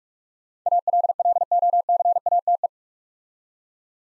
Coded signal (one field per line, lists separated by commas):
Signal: Morse code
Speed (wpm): 48 wpm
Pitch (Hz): 700 Hz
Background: none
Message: ALLOCATE